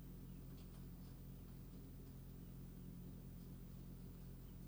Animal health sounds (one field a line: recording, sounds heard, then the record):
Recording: poultry house recording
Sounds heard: healthy chickens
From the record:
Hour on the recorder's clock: 23